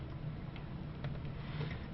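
The remaining plastic push pins of a CPU cooler are pressed into the motherboard, and two soft snaps are heard at about 0.6 s and 1.0 s over a steady low hum as the pins seat. The pins are confirmed seated.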